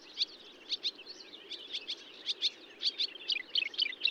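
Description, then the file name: Marsh warbler song of quick, varied twittering notes and short whistles, growing denser toward the end, with a steady low hum behind. Recorded at Bonnevaux on 31 May 2009 at 05:35. "Rousserolle verderolle 20090531 0535 25 Bonnevaux"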